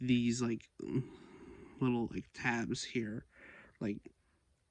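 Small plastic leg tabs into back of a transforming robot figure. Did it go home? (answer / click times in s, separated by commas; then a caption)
no / none. Small plastic tabs on the legs of a transforming robot figure are handled as the legs are put together, meant to click into place at the back. Someone talks throughout, with no distinct click heard. Nothing has seated or clicked yet by the end.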